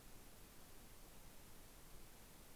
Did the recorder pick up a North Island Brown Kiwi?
no